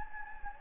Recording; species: mosquito wingbeat signal from an infrared sensor; Anopheles gambiae